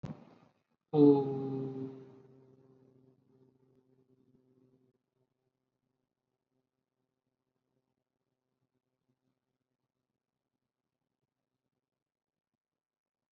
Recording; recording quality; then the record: sustained vowel as in boot; excellent, no background noise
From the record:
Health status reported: COVID-19 positive, mild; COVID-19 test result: positive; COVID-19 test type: RT-PCR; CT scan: not taken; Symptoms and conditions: none ticked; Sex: male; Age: 26 years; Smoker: no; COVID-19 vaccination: one dose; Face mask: worn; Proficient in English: yes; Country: India